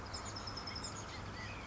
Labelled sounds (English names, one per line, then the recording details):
California Quail
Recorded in Sonoma County, California